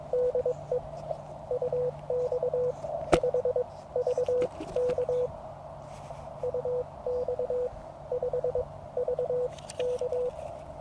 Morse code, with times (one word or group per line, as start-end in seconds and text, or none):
0.1-0.8 DE
1.5-5.3 UX5VK
6.4-10.3 UX5VK